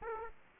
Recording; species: mosquito wingbeat signal from an infrared sensor; Aedes aegypti